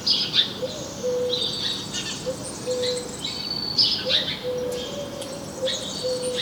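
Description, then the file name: House sparrow: short bright chirps in clusters every couple of seconds, with a separate soft low whistle in between and faint background hiss. "Passer domesticus"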